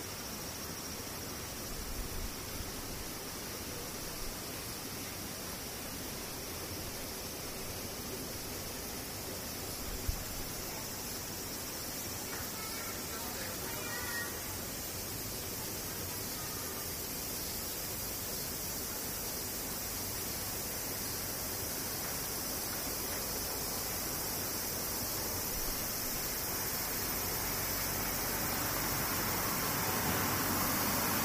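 Cicadas drone in a dense, unbroken wash, with a bright, hissing band high above a rushing lower layer. The sound holds steady and swells slightly toward the end. A single sharp click lands near ten seconds, and faint chirps flicker around twelve to fourteen seconds.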